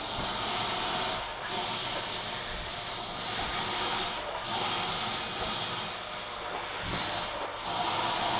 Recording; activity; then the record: daily activity, microphone in the room; vacuum cleaning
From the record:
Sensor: 5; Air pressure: 992.0 hPa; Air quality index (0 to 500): 175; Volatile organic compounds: 621 ppm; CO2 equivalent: 4959 ppm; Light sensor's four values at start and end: 29/100/37/39 and 29/99/36/39